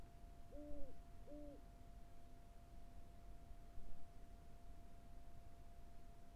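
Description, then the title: Owl sounding two low hoots close together, then quiet hiss with a faint constant tone for the rest. Carrizo Plain. "neoscenes: Carrizo Plains owl"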